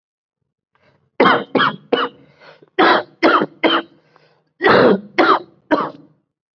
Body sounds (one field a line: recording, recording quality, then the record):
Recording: shallow voluntary cough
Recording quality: excellent, no background noise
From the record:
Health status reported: COVID-19 positive, moderate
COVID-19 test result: positive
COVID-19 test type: RT-PCR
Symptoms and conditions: cough, sore throat, fatigue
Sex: male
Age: 31 years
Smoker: no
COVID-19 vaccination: both doses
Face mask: not worn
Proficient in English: yes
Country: India